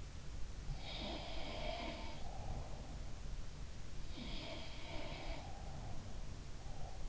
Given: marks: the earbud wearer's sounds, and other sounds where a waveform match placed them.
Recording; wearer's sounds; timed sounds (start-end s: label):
sounds in sleep by an in-ear microphone; breath
0.60-2.97 s: breath
0.84-2.98 s: sound from someone else or the room
4.40-7.09 s: sound from someone else or the room
5.02-7.09 s: breath